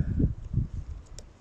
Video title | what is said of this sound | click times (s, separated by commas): RÉVOLUTION PANNEAUX SOLAIRES !!! Part 3 | lé clip et ça fait un petit clic | 1.2 s